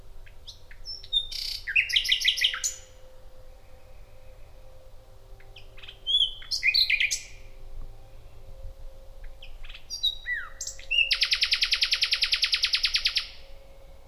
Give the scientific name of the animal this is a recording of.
Luscinia megarhynchos